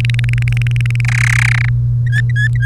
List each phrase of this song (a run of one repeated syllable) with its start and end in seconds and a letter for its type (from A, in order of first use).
0.00-1.01 A, 1.04-1.69 B, 2.07-2.65 C